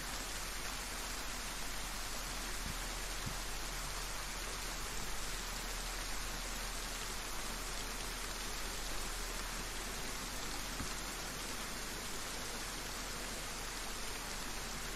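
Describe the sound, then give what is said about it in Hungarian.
Steady, dense rain hisses without a break, a broad, even wash of sound with faint scattered drop ticks and no voices. “Na, nézzünk körbe a vidéken, miközben itt hullik az eső a nyakunkba.”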